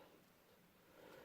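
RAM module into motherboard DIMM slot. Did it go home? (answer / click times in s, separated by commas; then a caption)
no / none. A RAM memory module is handled at its motherboard DIMM slot, with only a steady, low-level broadband rustle and no sharp transients. The module has not yet seated, and the retention clip has not clicked.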